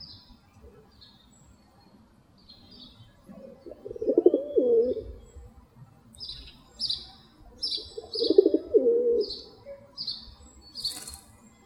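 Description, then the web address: Rock pigeon giving two low, bubbling coo phrases a few seconds apart, with a series of bright chirps from small birds. "сизый-голубь"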